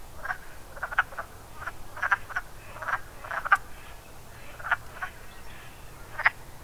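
Wood frog croaks: short rasping clucks at uneven intervals.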